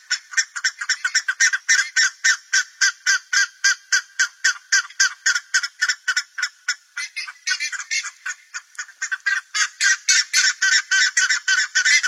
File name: canto da curicaca